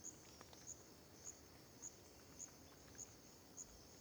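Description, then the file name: Cricket chirping, sharp high pulses repeated roughly every 0.6 seconds at a steady rhythm over faint background noise. Dawn ambience in Terra Ronca park near the road; AB recording. "Ambiencia parque terra ronca perto da estrada amanhecer periquito, varios passaros, grilo, vaca, gravacao em ab"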